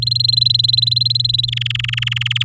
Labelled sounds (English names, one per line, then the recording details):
Domestic Canary song
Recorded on 9 May 2018 at 11:13
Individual llb16